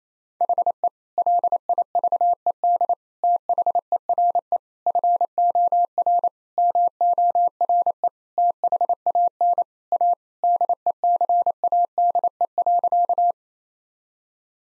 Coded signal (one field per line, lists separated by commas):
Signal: Morse code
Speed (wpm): 28 wpm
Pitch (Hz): 700 Hz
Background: none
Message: HE LIVED THERE FOR MORE THAN A DECADE.